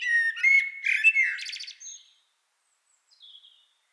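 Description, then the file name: Eurasian blackbird song phrase of low mellow whistled notes closing in a rapid, buzzy high flourish, then a brief faint twitter after silence. "Turdus merula"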